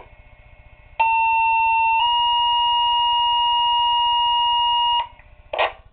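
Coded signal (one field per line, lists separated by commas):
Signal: two-tone page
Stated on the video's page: Monthly pager and siren test for 31 fire companies, received on a Minitor II pager.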